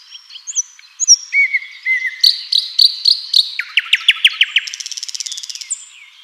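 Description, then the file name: Common nightingale song: sliding whistles and clear notes, then a quick run of repeated descending notes ending in a dry, buzzy rattle. "Luscinia megarhynchos"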